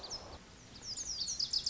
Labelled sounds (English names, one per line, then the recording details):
Lazuli Bunting
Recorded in Sonoma County, California